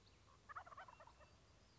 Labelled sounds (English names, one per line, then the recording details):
Wild Turkey
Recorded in Sonoma County, California